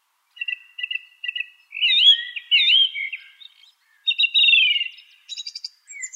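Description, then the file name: Song thrush song opening with a short note repeated several times, then swooping warbled phrases, a drawn-out whistle and a rapid high rattle. "suara-kicauan-burung-song-thrush -omkicau"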